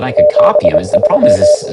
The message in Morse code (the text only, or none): 73